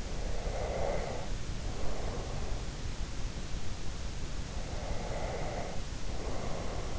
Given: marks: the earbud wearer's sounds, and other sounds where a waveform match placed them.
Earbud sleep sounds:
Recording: sounds in sleep by an in-ear microphone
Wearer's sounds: breath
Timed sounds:
0.49-2.63 s: breath
4.69-6.99 s: breath

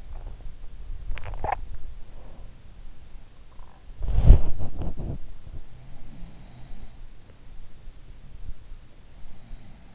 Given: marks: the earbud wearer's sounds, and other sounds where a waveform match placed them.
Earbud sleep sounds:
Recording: sounds in sleep by an in-ear microphone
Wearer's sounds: swallowing, body movement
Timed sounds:
0.00-1.65 s: swallowing
2.05-2.51 s: sound from someone else or the room
3.93-5.64 s: body movement
5.68-8.46 s: sound from someone else or the room

